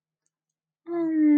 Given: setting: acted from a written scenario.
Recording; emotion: vocal sound without words; adoration